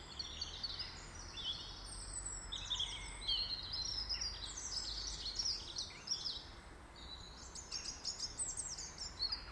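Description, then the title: Birds trill and chatter almost without pause, with bright high warbling phrases and rapid repeated chirps layered over a low hum. In a garden. "Birds Sounds in the Garden"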